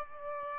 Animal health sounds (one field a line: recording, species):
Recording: mosquito wingbeat signal from an infrared sensor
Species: Aedes albopictus